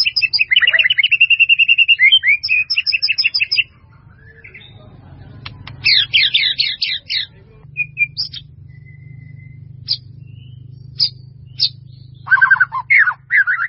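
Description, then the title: White-rumped Shama song: rapid repeated buzzy chirps in a fast trill, then a pause with scattered sharp notes and rich whistled phrases near the end, low hum underneath. "murai batu"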